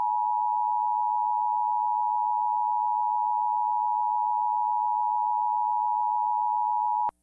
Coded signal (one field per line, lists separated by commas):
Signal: Emergency Alert System (SAME) tones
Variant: 853 and 960 Hz attention tone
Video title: The Weather Channel - EAS and Frankfort, KY Local Forecast - 12/17/2016 2:46pm